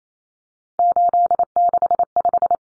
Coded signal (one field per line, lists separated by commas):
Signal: Morse code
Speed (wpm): 28 wpm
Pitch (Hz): 700 Hz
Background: none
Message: 865